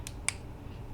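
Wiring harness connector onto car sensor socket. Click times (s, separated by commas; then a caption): 0.3 s. An unshaved wiring harness connector on an RSX is forced deeper onto its plastic sensor socket until it locks. A faint tick at 0.1 s comes before a sharp, bright click at 0.3 s as the connector seats, over low background hum. The connector is clicked in and locked.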